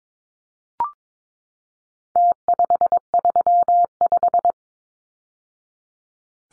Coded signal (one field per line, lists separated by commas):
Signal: Morse code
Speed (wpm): 22 wpm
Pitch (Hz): 700 Hz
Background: none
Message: T535